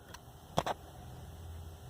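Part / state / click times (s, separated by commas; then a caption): lever closing over a coffee capsule in a capsule coffee machine / seated / 0.6 s. A plastic lever on a Nespresso Magimix capsule coffee machine is pulled back and closed over a newly dropped-in coffee capsule. After a faint tick at 0.1 s, a sharp snap at 0.6 s is quickly followed by a second short clack, over a quiet steady background hiss. The lever clicks shut and the capsule is seated.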